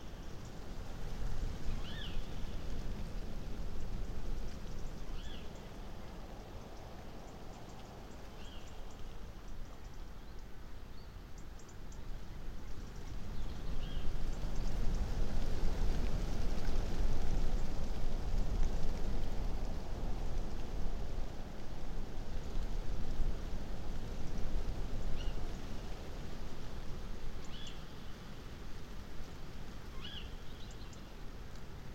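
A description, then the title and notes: Wind sweeps across an open landscape as a steady, deep rush that swells into a stronger gust midway through before easing again. Short, high bird chirps sound every few seconds above the roar. The soundview of this wide panoramic landscape changes with the wind.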